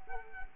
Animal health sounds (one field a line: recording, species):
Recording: mosquito wingbeat signal from an infrared sensor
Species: Culex quinquefasciatus